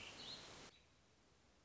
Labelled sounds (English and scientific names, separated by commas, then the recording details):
American Robin (Turdus migratorius)
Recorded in Sonoma County, California